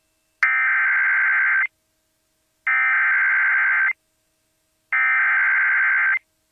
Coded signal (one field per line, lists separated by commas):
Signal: Emergency Alert System (SAME) tones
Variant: header bursts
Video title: MEMORIAL DAY MADNESS | EAS Alerts from 5/30/2022 (EAS #1177-1201)